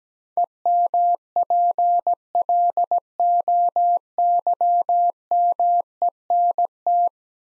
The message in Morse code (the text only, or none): EMPLOYMENT